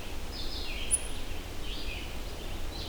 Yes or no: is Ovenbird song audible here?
no